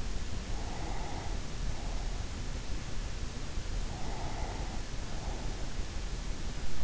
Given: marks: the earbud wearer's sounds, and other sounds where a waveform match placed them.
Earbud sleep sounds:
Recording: sounds in sleep by an in-ear microphone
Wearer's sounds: breath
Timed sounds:
0.32-2.69 s: breath
3.69-5.86 s: breath

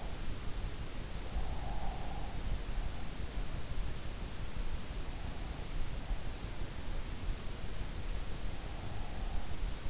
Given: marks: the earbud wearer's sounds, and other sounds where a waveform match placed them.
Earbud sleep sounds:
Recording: sounds in sleep by an in-ear microphone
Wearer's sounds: breath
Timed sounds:
0.00-2.77 s: breath

